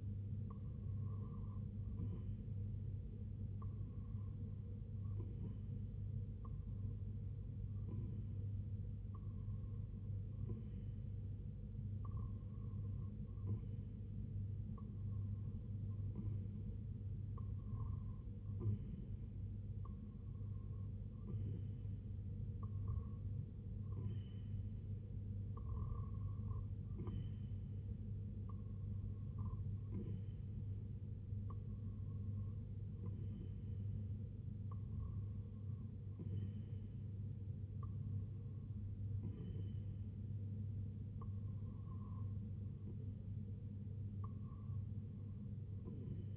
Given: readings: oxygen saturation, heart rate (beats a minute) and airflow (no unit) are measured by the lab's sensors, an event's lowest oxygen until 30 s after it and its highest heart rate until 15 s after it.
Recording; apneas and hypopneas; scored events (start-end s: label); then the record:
breathing in sleep by a smartphone at the bedside; none
none scored
From the record:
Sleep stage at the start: REM sleep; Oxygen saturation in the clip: 89 to 95%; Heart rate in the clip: 65 to 81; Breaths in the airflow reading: 16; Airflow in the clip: -4.4 to 2.8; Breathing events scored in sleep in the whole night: 258 in 7.4 hours asleep